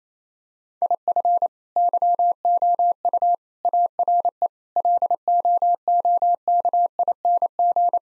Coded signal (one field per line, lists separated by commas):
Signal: Morse code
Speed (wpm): 28 wpm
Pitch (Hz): 700 Hz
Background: none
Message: IF YOU ARE LOOKING